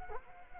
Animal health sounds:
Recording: mosquito wingbeat signal from an infrared sensor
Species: Culex quinquefasciatus

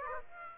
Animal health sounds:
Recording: mosquito wingbeat signal from an infrared sensor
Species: Aedes aegypti

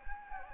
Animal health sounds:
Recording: mosquito wingbeat signal from an infrared sensor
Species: Anopheles gambiae

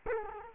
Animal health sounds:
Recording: mosquito wingbeat signal from an infrared sensor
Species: Culex quinquefasciatus

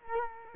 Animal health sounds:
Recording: mosquito wingbeat signal from an infrared sensor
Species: Culex quinquefasciatus

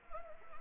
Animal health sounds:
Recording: mosquito wingbeat signal from an infrared sensor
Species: Anopheles arabiensis

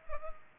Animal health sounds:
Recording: mosquito wingbeat signal from an infrared sensor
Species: Culex pipiens

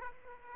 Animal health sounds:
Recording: mosquito wingbeat signal from an infrared sensor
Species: Aedes aegypti

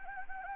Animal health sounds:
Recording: mosquito wingbeat signal from an infrared sensor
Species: Anopheles gambiae

